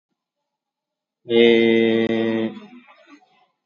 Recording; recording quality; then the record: sustained vowel as in made; excellent, no background noise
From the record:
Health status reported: COVID-19 positive, mild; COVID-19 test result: positive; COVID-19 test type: RT-PCR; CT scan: taken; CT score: 16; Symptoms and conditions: cough, cold, fatigue, diabetes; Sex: male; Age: 43 years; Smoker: no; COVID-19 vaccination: both doses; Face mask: not worn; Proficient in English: yes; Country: India